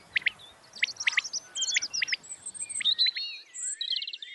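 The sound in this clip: Birdsong with quick, bright chirps and short trills tumbling together, some notes very high and buzzy, over light background hiss.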